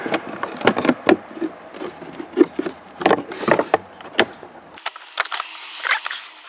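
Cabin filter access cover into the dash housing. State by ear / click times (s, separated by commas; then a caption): seated / 1.1 s, 3.7 s, 4.2 s. The plastic cabin filter access cover on a 2013-2018 Cadillac ATS is pressed back into the dash housing, with scraping and handling noises. Its clips snap home at 1.1, 3.7 and 4.2 seconds, and the cover is seated. Afterward someone talks.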